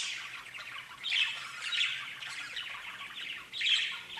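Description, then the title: Budgerigar chatter, a busy warbling of squawks and chirps with a few louder bursts. "Budgie Sounds"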